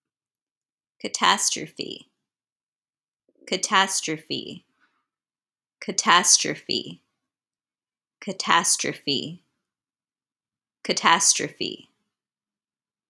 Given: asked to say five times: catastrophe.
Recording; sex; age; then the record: repeated word; female; 30 to 39 years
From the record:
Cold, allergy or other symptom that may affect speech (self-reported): no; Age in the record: 32 years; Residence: New York, United States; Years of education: 17